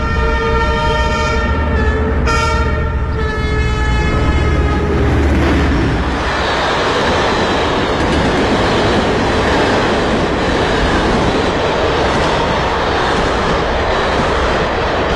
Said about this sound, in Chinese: 男生王爱对各种声音感兴趣，这天他在铁路边录下了火车经过的声音。